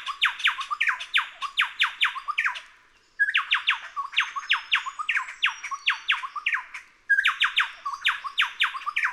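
Chowchilla giving repeated loud phrases of quick descending notes, three bursts with short gaps; a faint high thin whistle underneath midway.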